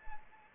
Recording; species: mosquito wingbeat signal from an infrared sensor; Anopheles arabiensis